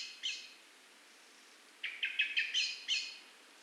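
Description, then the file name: Eurasian blackbird gives one harsh chack, a long pause, then a quick rattling run of six scratchy notes. "Turdus merula"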